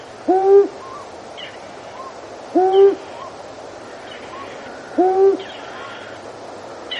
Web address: long-eared owl